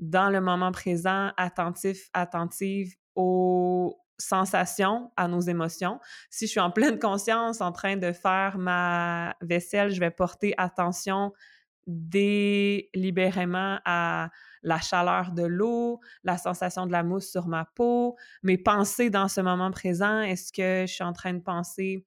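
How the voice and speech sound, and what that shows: An adult woman speaks French fluently and calmly, with ordinary pauses and a steady, clear voice.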